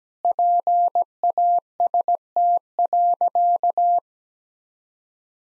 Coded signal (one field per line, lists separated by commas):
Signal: Morse code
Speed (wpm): 17 wpm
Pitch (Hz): 700 Hz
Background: none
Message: PAST.